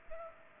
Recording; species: mosquito wingbeat signal from an infrared sensor; Culex pipiens